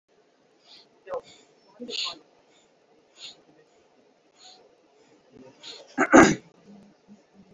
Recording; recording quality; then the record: shallow breathing; excellent, no background noise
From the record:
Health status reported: healthy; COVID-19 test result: negative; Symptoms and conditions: cough, diarrhoea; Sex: male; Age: 39 years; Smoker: not ticked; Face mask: not worn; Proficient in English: yes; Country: India